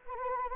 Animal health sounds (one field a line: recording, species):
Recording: mosquito wingbeat signal from an infrared sensor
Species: Anopheles arabiensis